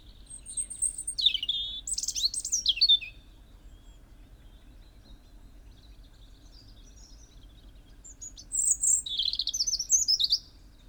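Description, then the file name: European robin song: a phrase of high, liquid, rising and falling notes, a long pause of about five seconds, then another intricate twittering phrase. "Erithacus rubecula"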